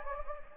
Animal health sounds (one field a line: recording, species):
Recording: mosquito wingbeat signal from an infrared sensor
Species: Anopheles gambiae